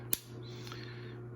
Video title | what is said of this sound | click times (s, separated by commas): 2003 Victorinox Switzerland Alox Soldier Swiss Army pocket knife. Trip souvenir | And you can hear it snaps well. | 0.1 s